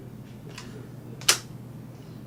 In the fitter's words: snaps right into place we're all set